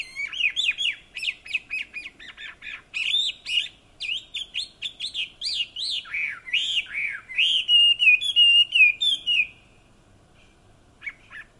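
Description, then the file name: Chinese hwamei song of loud, clear whistled notes, each swooping up and down, delivered rapidly for about nine seconds before a lull and a few final notes. "Garrulax canorus"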